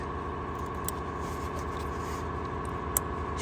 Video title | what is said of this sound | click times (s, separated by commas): Chevy Malibu crankshaft Position Sensor Swap in minutes (2010 - 2022 models) | You want to put your connection, the wire connection back on there until you hear the click. | 3.0 s